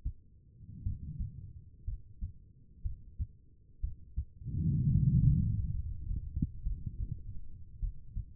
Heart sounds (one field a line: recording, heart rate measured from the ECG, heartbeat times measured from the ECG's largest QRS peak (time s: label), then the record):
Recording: heart sounds by stethoscope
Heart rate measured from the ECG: 60 bpm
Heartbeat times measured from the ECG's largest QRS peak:
0.83 s: heartbeat
1.85 s: heartbeat
2.82 s: heartbeat
3.81 s: heartbeat
4.87 s: heartbeat
5.72 s: heartbeat
6.63 s: heartbeat
7.80 s: heartbeat
From the record:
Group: healthy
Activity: rest 0-5 s, Valsalva maneuver 5-8 s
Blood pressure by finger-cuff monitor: 103/70 mmHg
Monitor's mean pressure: 79 mmHg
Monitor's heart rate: 59 bpm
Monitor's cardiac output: 4.3 L/min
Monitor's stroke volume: 75 mL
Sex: female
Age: 36 years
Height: 163 cm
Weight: 88 kg